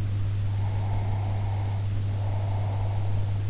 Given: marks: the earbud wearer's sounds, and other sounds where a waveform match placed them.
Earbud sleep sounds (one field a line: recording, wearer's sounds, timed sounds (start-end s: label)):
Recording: sounds in sleep by an in-ear microphone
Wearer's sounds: breath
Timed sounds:
0.42-3.36 s: breath